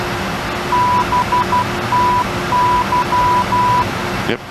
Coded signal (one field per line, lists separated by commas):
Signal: Morse code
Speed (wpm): 12 wpm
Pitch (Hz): 990 Hz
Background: speech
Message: BTY